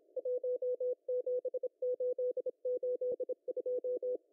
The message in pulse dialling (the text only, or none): none